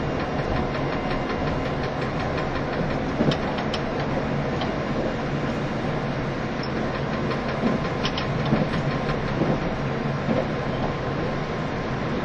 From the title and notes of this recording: E351系 Sあずさ18号. 松本～新宿. 2018年で全車引退したJR東日本唯一の振り子式車両であったE351系です。 速達運用だった＂スーパーあずさ18号＂の列車走行音(静止画)です。 Train running sound.